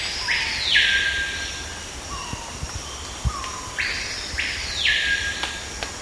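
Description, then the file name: Bird calls: harsh, hissing rasps arching high in two groups several seconds apart, with soft lower notes and a steady background hiss. "SABIOD 50 bird 2015"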